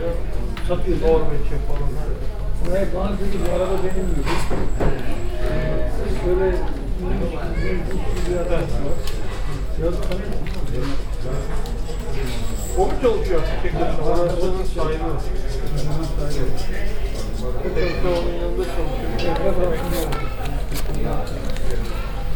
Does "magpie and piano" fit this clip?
no